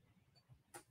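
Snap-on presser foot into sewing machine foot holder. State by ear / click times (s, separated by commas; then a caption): not seated / none. A non-stick presser foot is handled near the presser foot holder bar of a Singer sewing machine, just before being snapped on. A faint low hum and a soft thump near 0.5 s give way to a bright, broadband rustle at about 0.72 s and a sharper handling noise at 0.94 s. Nothing has seated or clicked yet.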